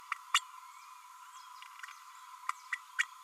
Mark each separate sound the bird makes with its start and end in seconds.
0.11-0.14, 0.34-0.40, 2.48-2.51, 2.72-2.75, 2.98-3.03